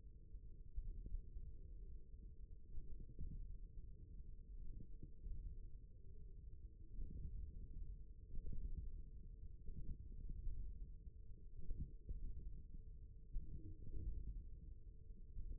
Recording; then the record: forearm muscle sounds (acoustic myography)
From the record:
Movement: ulnar deviation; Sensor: system 1, eight BSWA MPA416 microphones around the upper forearm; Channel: 2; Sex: male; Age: 54 years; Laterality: right